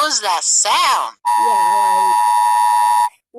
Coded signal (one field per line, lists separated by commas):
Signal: Emergency Alert System (SAME) tones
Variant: 853 and 960 Hz attention tone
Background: speech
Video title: eas alarm rating (;